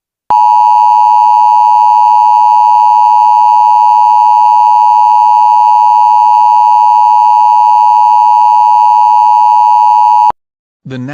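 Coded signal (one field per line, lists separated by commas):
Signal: Emergency Alert System (SAME) tones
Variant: 853 and 960 Hz attention tone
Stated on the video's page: Mock EAS alert, a simulated scenario, not a real activation.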